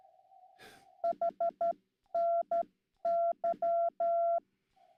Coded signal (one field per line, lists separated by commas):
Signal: Morse code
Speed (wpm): 12 wpm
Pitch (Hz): 680 Hz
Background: none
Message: HNY